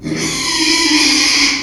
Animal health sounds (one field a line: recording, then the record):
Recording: squeal of a Yucatan mini pig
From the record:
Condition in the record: after surgery on the right vocal fold (resection and tissue-engineered implant)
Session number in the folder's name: 2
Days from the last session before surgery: 13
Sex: male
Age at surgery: 12 weeks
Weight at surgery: 13 kg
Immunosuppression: cyclosporine, prednisolone